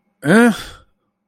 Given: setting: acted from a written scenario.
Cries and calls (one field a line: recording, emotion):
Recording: vocal sound without words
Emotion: confusion